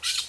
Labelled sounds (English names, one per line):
Brown-throated Parakeet contact call